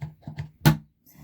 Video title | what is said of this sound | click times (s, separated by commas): 2012 Tiffen Breeze 32br Lube, oil & filter change | it snaps into place once it's back up | 0.4 s